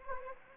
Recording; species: mosquito wingbeat signal from an infrared sensor; Anopheles arabiensis